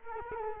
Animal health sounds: mosquito wingbeat signal from an infrared sensor; Culex quinquefasciatus

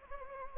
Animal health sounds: mosquito wingbeat signal from an infrared sensor; Anopheles gambiae

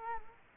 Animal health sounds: mosquito wingbeat signal from an infrared sensor; Culex quinquefasciatus

